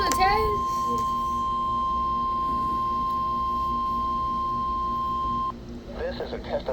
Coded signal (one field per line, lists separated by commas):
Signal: Emergency Alert System (SAME) tones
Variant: 1050 Hz attention tone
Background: speech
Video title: RWT ON WXL58 EAS #4174